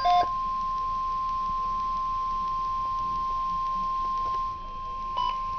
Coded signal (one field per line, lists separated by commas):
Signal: Emergency Alert System (SAME) tones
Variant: 1050 Hz attention tone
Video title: Real NOAA Weather Radio EAS Alerts #22 and #23